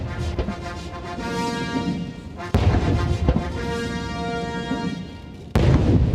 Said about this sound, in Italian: Ecco, avete sentito le salve di cannone che venivano sparate sopra una marcetta di nuovo militare, una splendida giornata di sole, una giornata tra l'altro molto tiepida.